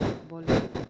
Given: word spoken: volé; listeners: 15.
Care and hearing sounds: one Spanish word in noise, from a listening test; noise modulated by one talker; -11.2 dB; 0 of 15; 9 of 15; 0.50 s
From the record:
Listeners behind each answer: 9, 2, 2, 1, 1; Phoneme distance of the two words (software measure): 14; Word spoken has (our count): 2 syllables, 4 phonemes, stress on syllable 2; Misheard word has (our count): 2 syllables, 6 phonemes, stress on syllable 2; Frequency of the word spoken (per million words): 0.33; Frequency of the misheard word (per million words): 110.76

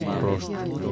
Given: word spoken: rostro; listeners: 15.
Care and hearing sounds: one Spanish word in noise, from a listening test; eight-talker babble; -1.3 dB; 2 of 15; 6 of 15; 0.52 s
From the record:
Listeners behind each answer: 6, 2, 2, 1, 1, 1, 1, 1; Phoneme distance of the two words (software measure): 45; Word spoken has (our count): 2 syllables, 6 phonemes, stress on syllable 1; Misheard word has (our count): 2 syllables, 5 phonemes, stress on syllable 2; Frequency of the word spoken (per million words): 86.52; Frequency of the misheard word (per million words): 7.34

